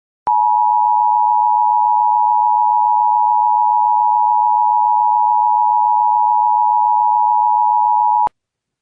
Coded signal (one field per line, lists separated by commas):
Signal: Emergency Alert System (SAME) tones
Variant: 853 and 960 Hz attention tone